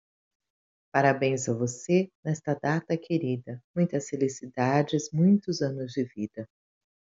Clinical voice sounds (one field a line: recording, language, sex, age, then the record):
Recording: short text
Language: Brazilian Portuguese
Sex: female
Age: 40 to 49 years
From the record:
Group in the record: control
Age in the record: 44 years